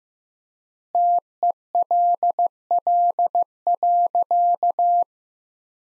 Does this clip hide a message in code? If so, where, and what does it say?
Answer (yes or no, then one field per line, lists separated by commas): yes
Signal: Morse code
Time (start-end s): 0.9-5.0 s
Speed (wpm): 15 wpm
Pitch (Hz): 700 Hz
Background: none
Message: TELL.